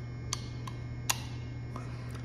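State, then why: Seated. A bottom removable dental veneer, a thin plastic shell, is pressed onto the lower teeth, giving two sharp, short clicks at 0.3 s and 1.1 s over a steady low hum, with fainter ticks near 0.7 s and 1.8 s. The veneer snaps into place and is seated.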